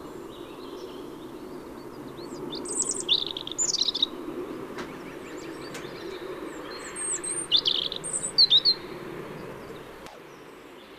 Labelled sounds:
European Robin song

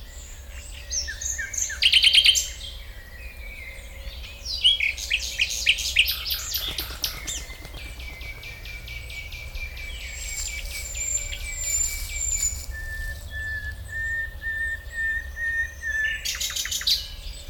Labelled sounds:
Common Nightingale

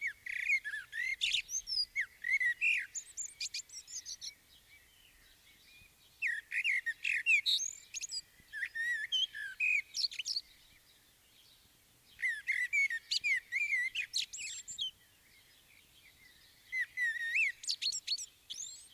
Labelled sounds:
Common Blackbird song

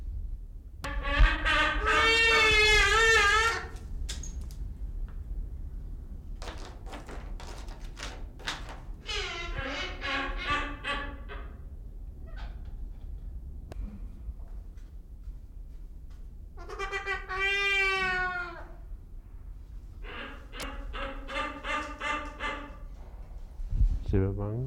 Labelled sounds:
Trumpeter Hornbill

